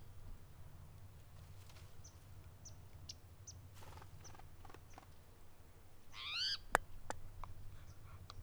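Spotted towhee with one raspy, nasal mew lasting about half a second, preceded by scattered faint chips and followed by a few sharp clicks, low background rumble throughout.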